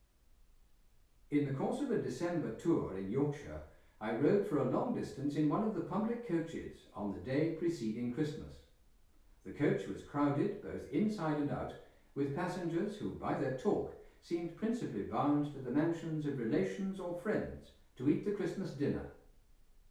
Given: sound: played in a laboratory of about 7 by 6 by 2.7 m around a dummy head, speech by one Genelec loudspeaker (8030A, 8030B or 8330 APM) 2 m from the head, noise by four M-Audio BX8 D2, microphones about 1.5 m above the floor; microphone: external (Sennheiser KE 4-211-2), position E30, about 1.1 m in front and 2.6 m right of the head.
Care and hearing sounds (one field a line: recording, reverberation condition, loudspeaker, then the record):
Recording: male speech in English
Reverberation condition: medium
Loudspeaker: 60 degrees to the left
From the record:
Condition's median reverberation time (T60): about 510 ms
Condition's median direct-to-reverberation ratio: about -0.5 dB